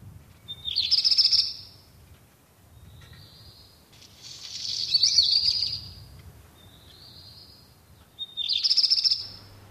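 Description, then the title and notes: Black Redstart singing short high phrases of thin whistles and scratchy, crackling notes, repeated every couple of seconds. "Viikon luontoääni: Mustaleppälintu. Juha Laaksonen"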